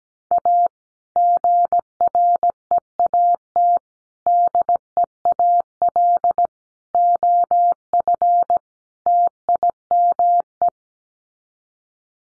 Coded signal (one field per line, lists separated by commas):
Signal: Morse code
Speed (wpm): 17 wpm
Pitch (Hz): 700 Hz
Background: none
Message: A GREAT DEAL OF TIME